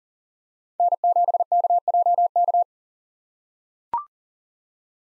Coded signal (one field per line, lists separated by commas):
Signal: Morse code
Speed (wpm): 40 wpm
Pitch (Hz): 700 Hz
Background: none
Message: N7KJK